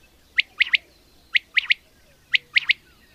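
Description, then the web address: Common quail calling a sharp three-note phrase, one short note then a quick pair, repeated three times about once a second. "agykontroll Madardalok Cd 2. Fürj"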